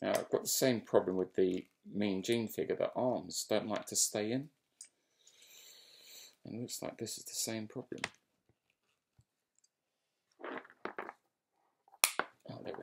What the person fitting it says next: there we go. There's a click.